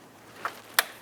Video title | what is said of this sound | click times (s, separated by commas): How to Replace Engine Knock Sensor 2010-2013 Ford Transit Connect | listen for a click | 0.8 s